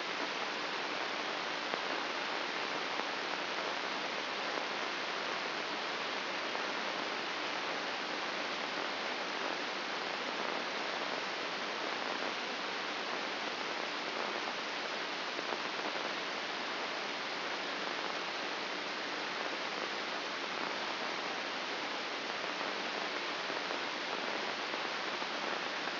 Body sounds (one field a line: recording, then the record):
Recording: brain microelectrode recording played as sound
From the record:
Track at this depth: inside the subthalamic nucleus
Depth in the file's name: 6.029 mm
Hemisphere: left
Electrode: 2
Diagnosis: Parkinson's disease